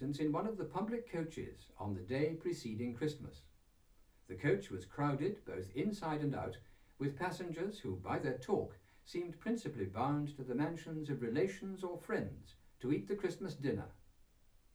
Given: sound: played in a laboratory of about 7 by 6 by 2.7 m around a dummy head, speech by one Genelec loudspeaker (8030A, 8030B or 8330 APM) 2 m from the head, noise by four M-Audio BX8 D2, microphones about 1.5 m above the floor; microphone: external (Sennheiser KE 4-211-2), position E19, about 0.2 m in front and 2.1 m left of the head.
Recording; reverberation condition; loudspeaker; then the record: male speech in English; low; 120 degrees to the right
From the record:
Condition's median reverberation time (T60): about 310 ms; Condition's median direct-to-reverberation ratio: about 3.5 dB